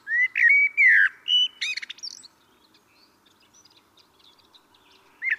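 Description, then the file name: Common blackbird singing a full phrase: slow rich fluted whistles followed by a rapid scratchy twitter, then near quiet with a new note starting at the end. "Turdus merula"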